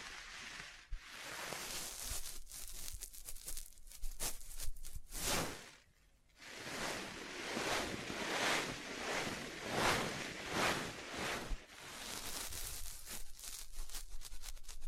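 Close scratching and tracing strokes rub across a surface, with light taps mixed in. The texture is dense and papery, rising and falling in bursts, with a brief pause near six seconds before steady scratching resumes and swells through the rest.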